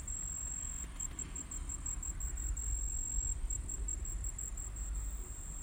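Cricket singing a steady high pulsed trill while a loud low traffic-like rumble fills the background.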